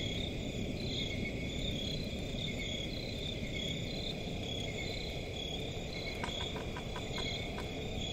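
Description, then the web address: Cricket chorus of layered high trills pulsing continuously, with a brief run of sharp clicks near the end and a steady low rumble underneath. Crickets in a forest at night. "Forest and crickets at night. صدای-آرامبخش-جنگل-و-جیرجیرک"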